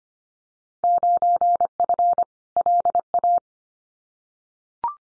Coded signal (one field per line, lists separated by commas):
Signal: Morse code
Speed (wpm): 25 wpm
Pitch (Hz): 700 Hz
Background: none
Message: 9F LA